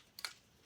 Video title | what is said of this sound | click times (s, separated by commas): VIPEK V40 Clothing System How To Setup | we're going to put it here and it kind of snaps in place and doesn't move when it's in the right place | 0.2 s